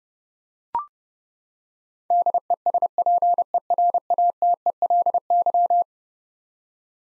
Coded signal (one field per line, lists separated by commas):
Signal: Morse code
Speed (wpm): 30 wpm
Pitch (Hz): 700 Hz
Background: none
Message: DESPERATELY